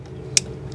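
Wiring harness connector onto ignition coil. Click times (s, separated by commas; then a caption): 0.4 s. On a 2003 Toyota Highlander being repaired for a P0305 code, the wiring harness electrical connector is slid onto the replacement ignition coil until it latches. A single sharp click at 0.4 s shows it is seated. Two much fainter ticks come at 0.1 s and 0.7 s over a low background hum.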